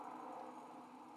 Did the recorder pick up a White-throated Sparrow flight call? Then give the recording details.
no. No flight call is heard. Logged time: 06:45 on 5 December 2014